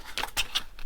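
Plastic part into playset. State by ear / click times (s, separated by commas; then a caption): not seated / none. A plastic part is being fitted into a Hasbro Star Wars Young Jedi Adventures Tenoo Temple playset, making a few short, light plastic taps and rattles. The part does not click securely into place, so nothing has seated or clicked yet.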